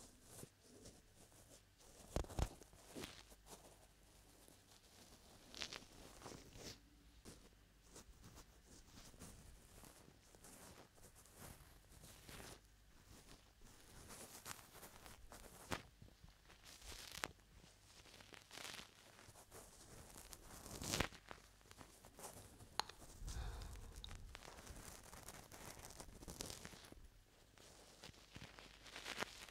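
Ear cupping and massage with lotion make a dense, continuous run of soft crackling and rubbing. Irregular louder swishes and thumps break through every few seconds, notably near 2, 6, 17, 21 and 23 seconds, with a faint low rumble underneath.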